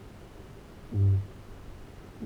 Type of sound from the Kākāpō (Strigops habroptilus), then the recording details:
boom. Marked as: faintness 2/5. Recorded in New Zealand. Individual Arab